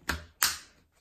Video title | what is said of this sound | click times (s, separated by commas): Rowenta RO3731EA beutelloser Bodenstaubsauger Compact Power Cyclonic 750 Watt unboxing und Anleitung | also rein drücken und einrasten lassen so eingelassen | 0.1 s, 0.4 s